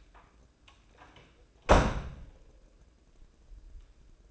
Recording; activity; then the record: daily activity, microphone in the room; close door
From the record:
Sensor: 2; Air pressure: 1012.2 hPa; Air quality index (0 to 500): 159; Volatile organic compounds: 2 ppm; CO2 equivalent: 1164 ppm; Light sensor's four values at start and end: 398/997/405/424 and 398/998/405/424